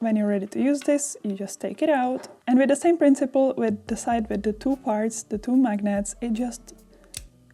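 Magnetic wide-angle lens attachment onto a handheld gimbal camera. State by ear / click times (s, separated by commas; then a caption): seated / 7.2 s. Someone talks while taking the magnetic wide-angle lens out of its holder and placing it, magnet side first (the side with the two parts and two magnets), onto the front of a DJI Osmo Pocket 3 handheld gimbal camera from the Creator Combo. A short, sharp click is heard at 7.2 s as the lens snaps on and seats on the camera.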